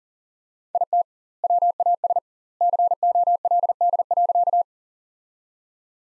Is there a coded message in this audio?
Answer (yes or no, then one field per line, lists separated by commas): yes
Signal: Morse code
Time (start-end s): 0.7-4.6 s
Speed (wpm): 40 wpm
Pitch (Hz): 700 Hz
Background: none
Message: IT WAS COLD.